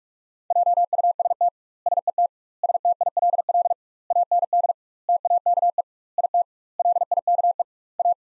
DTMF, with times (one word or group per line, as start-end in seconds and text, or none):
none